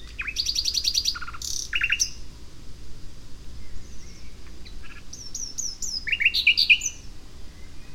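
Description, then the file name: Common nightingale singing varied phrases: rapid dry trills, repeated high whistled notes and short rising slurs, pausing briefly between bursts, over a steady low rumbling background noise. "Luscinia megarhynchos"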